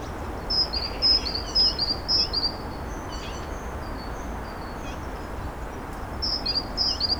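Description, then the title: Bird song: a series of short high descending chirps, a few softer notes in between, then another burst, with steady low background noise. Birds singing at Narbonne, France; recorded with a Zoom H6 and Sennheiser MKE 600 microphone. "Narbonne, France - Birds Sing 03. Birds Narbonne 03"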